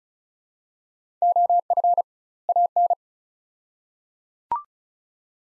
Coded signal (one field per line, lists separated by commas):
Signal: Morse code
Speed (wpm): 34 wpm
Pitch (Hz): 700 Hz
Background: none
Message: OF AN